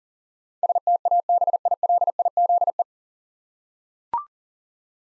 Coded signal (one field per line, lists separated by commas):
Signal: Morse code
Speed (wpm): 40 wpm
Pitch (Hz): 700 Hz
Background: none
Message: STABILIZE